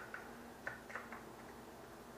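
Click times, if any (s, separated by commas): 0.7 s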